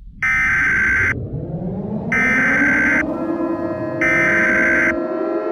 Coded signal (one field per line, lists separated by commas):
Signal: Emergency Alert System (SAME) tones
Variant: header bursts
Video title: EAS Scenario 4: The Tiktok Data Transfer Conflict